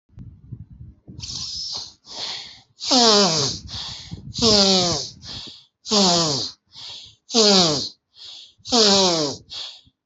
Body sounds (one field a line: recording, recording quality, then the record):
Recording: shallow breathing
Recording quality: excellent, no background noise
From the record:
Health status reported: healthy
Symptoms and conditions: none ticked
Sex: male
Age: 32 years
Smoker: not ticked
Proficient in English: yes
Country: India